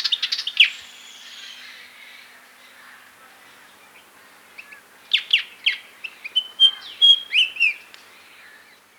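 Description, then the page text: White-browed fantail song: a brief chirpy burst, a pause with faint background, then a lively phrase of sweet, high notes. "White-Browed Fantail Song. Quick Sounds"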